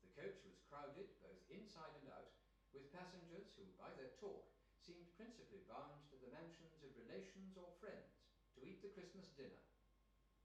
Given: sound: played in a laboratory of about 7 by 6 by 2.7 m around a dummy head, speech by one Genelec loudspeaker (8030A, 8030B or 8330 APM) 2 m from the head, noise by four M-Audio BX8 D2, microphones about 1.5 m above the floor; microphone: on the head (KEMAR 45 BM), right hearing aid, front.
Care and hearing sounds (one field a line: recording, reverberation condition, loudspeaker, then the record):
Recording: male speech in English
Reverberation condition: medium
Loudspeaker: 120 degrees to the left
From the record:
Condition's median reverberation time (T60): about 510 ms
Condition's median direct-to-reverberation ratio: about -0.5 dB